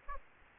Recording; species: mosquito wingbeat signal from an infrared sensor; Aedes aegypti